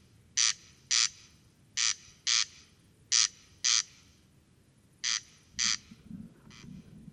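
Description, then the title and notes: Corn crake giving harsh, scraping paired notes; a low rumbling noise rises toward the end as the last rasp fades. Single singing bird near a peat bog, Col Bayard, Hautes-Alpes, France, 12 July 2018, evening; sang continuously from 23:00 until dawn; recorded with Nagra Seven and Telinga Pro7 parabola. "Col Bayard - Hautes Alpes. Râle des genêts"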